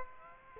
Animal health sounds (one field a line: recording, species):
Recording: mosquito wingbeat signal from an infrared sensor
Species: Aedes aegypti